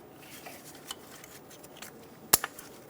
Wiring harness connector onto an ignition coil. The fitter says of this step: if you don't give it a pull make sure it's locked on